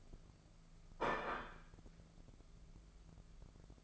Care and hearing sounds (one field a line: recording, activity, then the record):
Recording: daily activity, microphone in the room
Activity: place plate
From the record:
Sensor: 5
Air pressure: 1015.2 hPa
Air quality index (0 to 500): 206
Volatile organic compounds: 10 ppm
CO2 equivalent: 2260 ppm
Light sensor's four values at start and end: 76/180/77/84 and 76/179/76/84